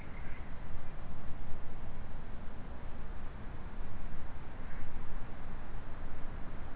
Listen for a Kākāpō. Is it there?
no